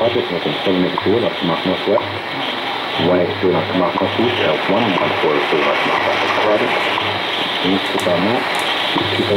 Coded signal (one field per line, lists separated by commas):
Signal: radio time signal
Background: speech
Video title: Eton S350DL on WWV Atlantic Weather